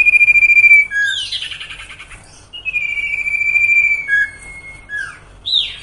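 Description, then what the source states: Sirtu song with long steady high whistles, short slurred notes and a rapid buzzy rattle, alternating between clear tones and harsher trills. Masteran training recording for cage birds, with the full range of song variations.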